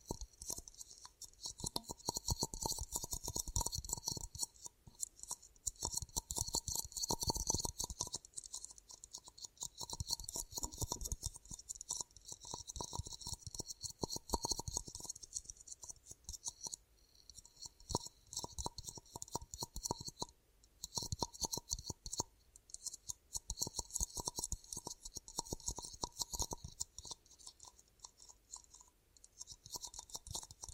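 Ear cupping ASMR sounds: dense, rustling scratches and muffled thumps come in bursts of a few seconds, separated by brief quieter gaps. A bright hiss sits high above a steady faint tone, with soft low rumbles beneath each burst.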